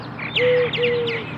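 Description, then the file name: Eurasian collared dove call: a short coo of two flat low held notes, the second longer, with scattered higher bird chirps. "Streptopelia decaocto - Eurasian Collared Dove"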